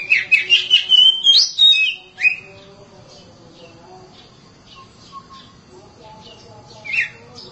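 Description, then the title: Oriental magpie-robin song opening with a quick run of sweet whistled notes, then a long quiet gap with faint sounds and one more whistled phrase. "Kacer"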